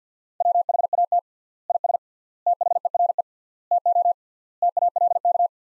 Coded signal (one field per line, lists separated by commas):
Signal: Morse code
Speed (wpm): 49 wpm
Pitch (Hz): 700 Hz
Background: none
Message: WHAT IS THERE TO TALK